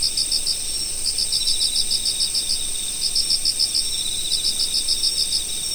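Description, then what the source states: Insects chirping: bursts of bright pulsed chirps, repeated over a continuous high, shrill buzzing drone. Insects calling in autumn.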